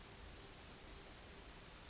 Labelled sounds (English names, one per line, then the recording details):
Yellowhammer song
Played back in forest
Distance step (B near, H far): D
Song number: 118